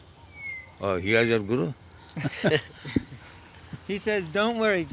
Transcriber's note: laughs